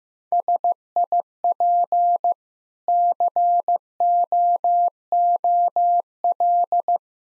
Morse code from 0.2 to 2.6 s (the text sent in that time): SIP